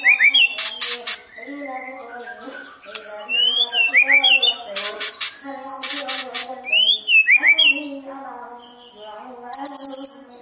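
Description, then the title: White-rumped shama song: varied whistled slurs and downward-swooping notes in bursts, separated by harsh buzzy rattles, above a continuous low tonal drone. "murai batu"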